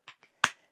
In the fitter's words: basically just line the magnets up close and they actually snap into place